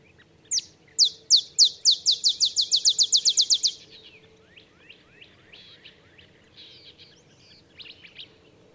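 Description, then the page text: Olive sparrow delivers a fast accelerating trill of high downslurred chips, followed by a few softer scattered chirps. Olive sparrow singing in the early morning in Texas, 50 miles north of the Mexican border; simple songs like a field sparrow's bouncing-ball song, though neither so mellow nor so melancholy. "Birdsong for the Curious Naturalist. Olive sparrow"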